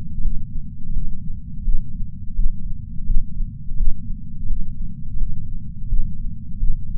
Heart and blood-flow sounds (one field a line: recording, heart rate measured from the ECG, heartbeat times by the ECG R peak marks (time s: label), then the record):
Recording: heart sounds by patch sensor on the chest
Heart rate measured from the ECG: 85 bpm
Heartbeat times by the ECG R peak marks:
0.24 s: heartbeat
0.95 s: heartbeat
1.65 s: heartbeat
2.36 s: heartbeat
3.07 s: heartbeat
3.78 s: heartbeat
4.49 s: heartbeat
5.20 s: heartbeat
5.90 s: heartbeat
6.60 s: heartbeat
From the record:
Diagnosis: coronary artery disease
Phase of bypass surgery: postoperative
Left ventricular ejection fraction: 63%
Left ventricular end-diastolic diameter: 47 mm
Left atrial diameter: 42 mm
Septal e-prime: 6.9 cm/s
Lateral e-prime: 10.4 cm/s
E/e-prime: 10.3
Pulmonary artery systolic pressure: 20 mmHg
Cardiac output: 7.8 L/min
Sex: female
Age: 70 years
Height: 164 cm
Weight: 70 kg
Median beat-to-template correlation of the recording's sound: 0.88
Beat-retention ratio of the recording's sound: 1.00